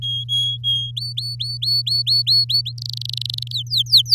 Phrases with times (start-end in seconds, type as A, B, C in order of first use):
0.02-0.91 A, 0.96-2.72 B, 2.78-3.52 C, 3.52-4.14 D